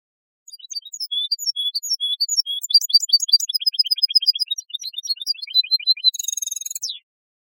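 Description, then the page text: European goldfinch song, a fast continuous twittering of high tinkling notes and trills, rapid and varied, ending in a buzzy rattle; no other sounds. "Le Chant du Chardonneret Elégant"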